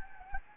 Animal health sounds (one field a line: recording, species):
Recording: mosquito wingbeat signal from an infrared sensor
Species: Anopheles gambiae